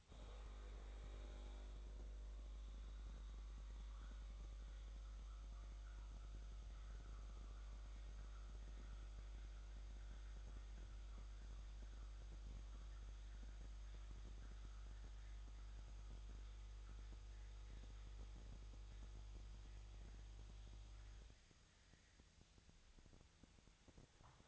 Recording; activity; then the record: daily activity, microphone in the room; make coffee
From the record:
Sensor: 3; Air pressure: 1000.3 hPa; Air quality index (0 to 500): 149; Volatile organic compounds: 3 ppm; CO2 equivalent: 1319 ppm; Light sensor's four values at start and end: 36/90/38/41 and 36/90/39/41